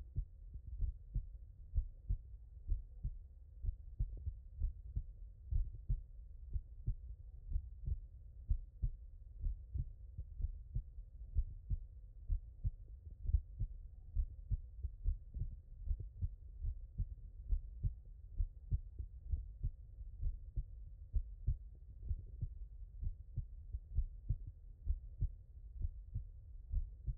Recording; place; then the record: heart sounds by stethoscope; tricuspid valve (TV)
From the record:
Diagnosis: non-HFrEF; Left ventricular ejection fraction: 62%